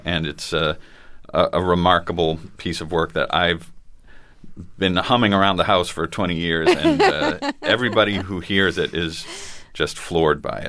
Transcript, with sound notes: and it's a remarkable piece of work that I've been humming around the house for 20 years.
(LAUGHTER)
And everybody who hears it is just floored by it.